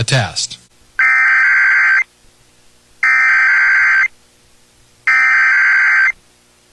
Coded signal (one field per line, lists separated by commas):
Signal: Emergency Alert System (SAME) tones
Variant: header bursts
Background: speech